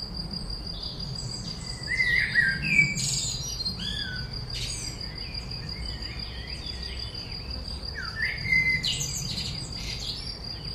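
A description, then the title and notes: Many birds sing at once in a busy chorus, with bright chirps and whistled phrases bursting out around 2–3 seconds and again near 8–9 seconds. A steady high insect-like buzz runs throughout, over a soft low rumble. Konzert der Vögel. Heute sind wir zu Besuch auf einer Obstbaumplantage. All the birds in the area seem to have come together for a big concert.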